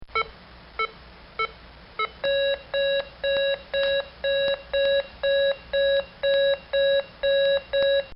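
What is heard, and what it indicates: A pulse oximeter beeping. Four short, sharp beeps come first, then a steady run of longer electronic tones at about 120 per minute.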